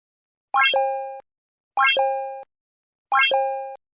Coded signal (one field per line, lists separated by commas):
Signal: none